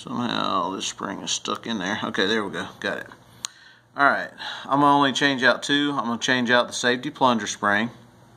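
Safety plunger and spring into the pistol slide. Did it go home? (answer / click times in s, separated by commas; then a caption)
no / none. A safety plunger and its spring are handled while the safety plunger spring is being changed out in a Glock 26 pistol slide, during a trigger upgrade. Someone talks throughout, with a brief sharp tick at about 3.5 s. Nothing has seated or clicked yet.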